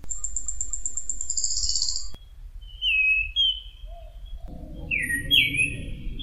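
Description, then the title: Thrush song: a high, buzzy, pulsing trill, then short whistled phrases with quick upward and downward slides, over low background noise. "Suara Burung Anis"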